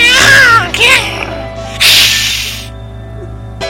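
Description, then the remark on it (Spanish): A person vocally imitates a female cat caterwauling: two loud, wavering, high-pitched yowls that bend up and down, followed by a harsh, breathy hiss that fades out. “Y luego la gata...”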